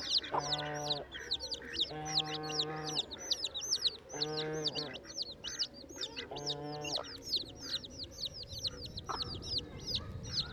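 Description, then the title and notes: Domestic chicken chicks cheeping in a dense, high, repetitive chorus, broken by four drawn-out, low, harmonic calls from another bird in the first seven seconds. Newly hatched chicks in a park in Saint-Gilles, Belgium; recorded with Sony PCM-D100 internal microphones in XY position. "Saint-Gilles, Belgique - Poussins et oie - Chicks and goose. des poussins viennent de naître, et une oie souffle"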